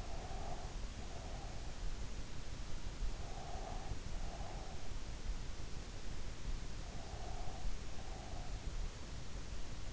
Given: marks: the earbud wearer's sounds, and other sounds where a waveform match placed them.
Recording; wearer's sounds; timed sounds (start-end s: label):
sounds in sleep by an in-ear microphone; breath
0.00-1.76 s: breath
3.16-4.92 s: breath
6.73-8.64 s: breath